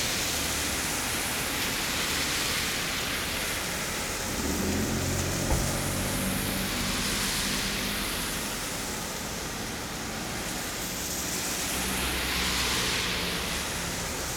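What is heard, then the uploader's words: Cars pass on a rainy day, tires hissing steadily over wet road, with a low engine swell around five seconds and another near twelve. Cars Passing on a Rainy Day.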